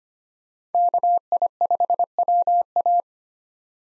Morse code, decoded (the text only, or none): KI5WA